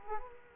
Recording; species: mosquito wingbeat signal from an infrared sensor; Culex quinquefasciatus